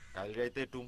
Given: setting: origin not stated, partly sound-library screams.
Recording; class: one-second piece from a danger detection set; normal situation